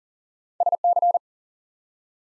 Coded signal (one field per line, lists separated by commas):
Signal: Morse code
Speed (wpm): 42 wpm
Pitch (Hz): 700 Hz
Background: none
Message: SC